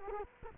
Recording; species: mosquito wingbeat signal from an infrared sensor; Culex quinquefasciatus